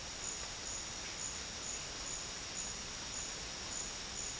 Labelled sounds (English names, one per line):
none